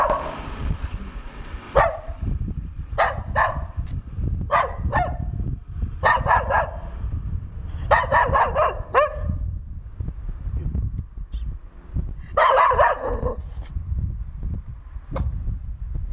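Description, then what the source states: Dog barking in irregular bursts, single and doubled barks scattered throughout, with a steady low rumble of background noise underneath. Dog in a village.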